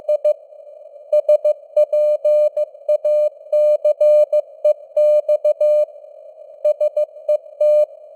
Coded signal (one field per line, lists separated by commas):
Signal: Morse code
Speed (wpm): 15 wpm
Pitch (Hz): 600 Hz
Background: none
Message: I SPACEX SET